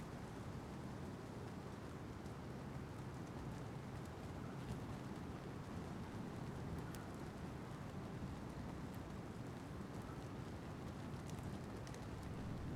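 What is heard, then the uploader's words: A spring bonfire burns with a dense, steady roar, strongest low down. Sharp bright crackles and pops flick through it irregularly, several every second or two, and the level holds constant for the whole stretch with no other sounds breaking in. Spring Bonfire.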